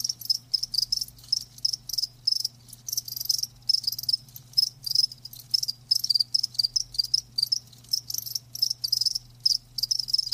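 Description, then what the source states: Crickets chirping in a dense high-pitched chorus, pulsed trills repeating rapidly with brief gaps, a faint low steady hum underneath. Live crickets chirping.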